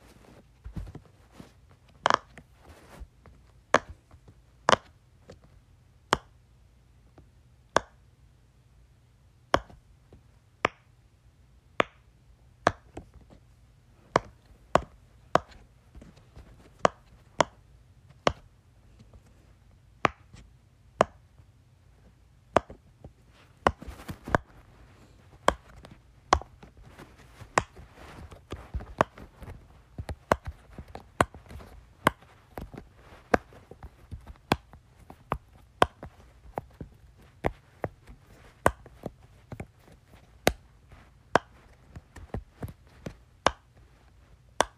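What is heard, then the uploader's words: A Pop-It fidget toy being pressed, giving sharp, dry pops at an uneven pace, roughly one or two per second for the whole 45 seconds. Pops cluster more densely after about 23 seconds. A steady low hum runs underneath throughout. ASMR Playing with my Pop-It.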